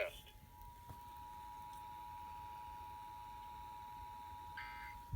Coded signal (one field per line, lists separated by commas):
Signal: Emergency Alert System (SAME) tones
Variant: 853 and 960 Hz attention tone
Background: speech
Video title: EAS Pennsylvania Required Monthly test FM/AM radio #14